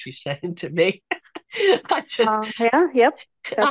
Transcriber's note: laughs